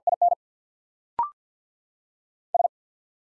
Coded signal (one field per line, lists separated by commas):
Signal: Morse code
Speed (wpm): 50 wpm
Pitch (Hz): 700 Hz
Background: none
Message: I N S